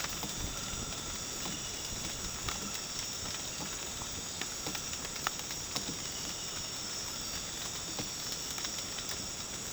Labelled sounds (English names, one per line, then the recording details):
none
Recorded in dense forest near Puerto Asís, Putumayo, Colombia, on 12 March 2025 at 00:00
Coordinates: 0.486, -76.317
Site G053